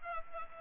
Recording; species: mosquito wingbeat signal from an infrared sensor; Culex pipiens